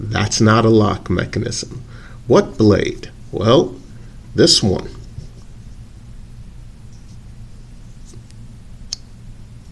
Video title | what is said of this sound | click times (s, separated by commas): Kershaw PUB ~ When you're drinking with the guys. | you go now despite that little click this thing does not actually lock open at all | 8.9 s